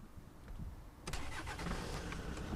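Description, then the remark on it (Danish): A 2.0 turbodiesel car engine starts: after a second of low rumble it suddenly fires up with a burst of noise, then settles into a loud, steady, rough-sounding run. “Det er en diesel, og det er ikke bare en diesel, det er en turbodiesel, og jeg prøver nu her.”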